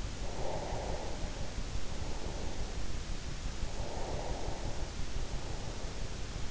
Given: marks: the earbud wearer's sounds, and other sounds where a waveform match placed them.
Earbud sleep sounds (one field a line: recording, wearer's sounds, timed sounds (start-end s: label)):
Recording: sounds in sleep by an in-ear microphone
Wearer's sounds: breath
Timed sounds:
0.15-3.17 s: breath
3.56-6.51 s: breath